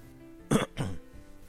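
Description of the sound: Two short, harsh cough bursts from an adult, like the throat-clearing coughs of choking when something went down the wrong way while reading aloud; not a cold-type cough.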